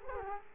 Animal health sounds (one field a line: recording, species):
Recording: mosquito wingbeat signal from an infrared sensor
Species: Culex quinquefasciatus